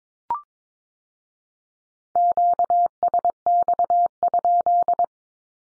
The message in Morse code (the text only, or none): QSX?